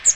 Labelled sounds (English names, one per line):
Magnolia Warbler flight call